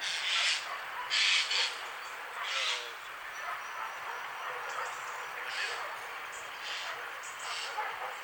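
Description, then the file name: Eurasian jay with loud hoarse screeches early on, then quieter rasping calls spaced a second or so apart over a steady background hiss. "Gaai Garrulus glandarius"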